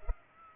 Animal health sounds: mosquito wingbeat signal from an infrared sensor; Culex pipiens

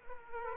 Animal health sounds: mosquito wingbeat signal from an infrared sensor; Aedes aegypti

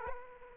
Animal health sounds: mosquito wingbeat signal from an infrared sensor; Aedes aegypti

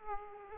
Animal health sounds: mosquito wingbeat signal from an infrared sensor; Aedes aegypti

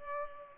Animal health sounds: mosquito wingbeat signal from an infrared sensor; Culex pipiens

